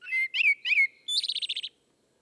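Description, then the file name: Common blackbird song: three mellow fluted whistles, then a quick, squeaky, buzzy twitter to close the phrase. "Turdus merula"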